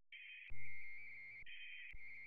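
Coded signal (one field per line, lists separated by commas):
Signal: RTTY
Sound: warbling two-tone teletype chatter broken by short bursts of hissy noise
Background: radio static, low hum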